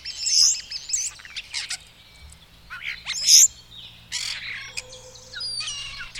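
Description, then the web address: Birds chirping, short high notes and brief twittered bursts spaced unevenly, with a steady low hum beneath. "madarak enek"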